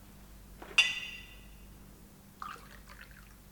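A glass clinks with a bright, briefly ringing tone, then after a pause a short, gurgling burble of water being poured into the glass, over a low steady hum.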